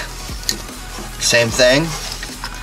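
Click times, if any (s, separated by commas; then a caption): none. A harness connector is handled at an engine sensor plug for installing the MAXPower PRO on a FIAT 500 Turbo / ABARTH, with the second plug connection pushed together the same way as the first. Someone talks over low background noise, with a sharp tap at 0.5 s and a fainter one at 2.4 s. Nothing has seated or clicked yet.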